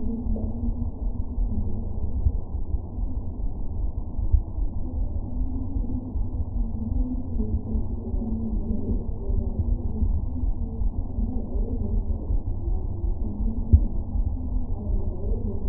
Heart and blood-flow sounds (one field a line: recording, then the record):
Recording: fetal heart sounds by stethoscope on the mother's abdomen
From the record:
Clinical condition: abdominal pain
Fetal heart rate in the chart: 146 bpm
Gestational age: 39 weeks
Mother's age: 27 years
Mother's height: 144 cm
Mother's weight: 83 kg